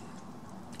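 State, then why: Seated. A new bearing seal is pressed by hand into the groove in the outer plate of a DC motor bearing, part of a rebuild replacing worn bearings that made excessive noise. A steady low background fills the clip until a sharp, short tick at 0.8 s as the seal snaps into the groove and seats.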